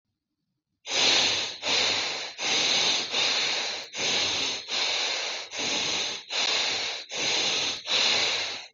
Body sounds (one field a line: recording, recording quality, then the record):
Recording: shallow breathing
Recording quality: excellent, no background noise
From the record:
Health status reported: recovered from COVID-19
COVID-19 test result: positive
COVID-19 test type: RT-PCR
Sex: male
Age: 27 years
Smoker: yes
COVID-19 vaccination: both doses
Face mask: not worn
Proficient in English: yes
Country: India